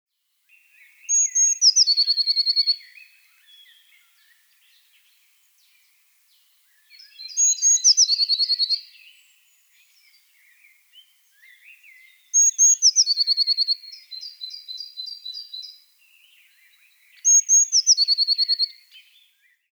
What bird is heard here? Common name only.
Eurasian Blue Tit